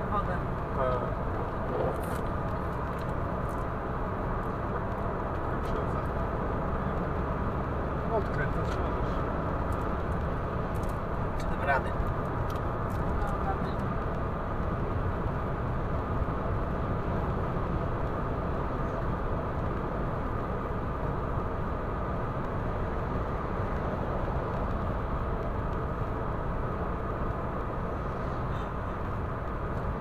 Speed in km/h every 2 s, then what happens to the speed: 118, 118, 118, 123, 127, 128, 129, 125, 125, 124, 123, 122, 121, 121, 120.
0-11 speeds up to 129. 11-30 steady at about 123.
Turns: none.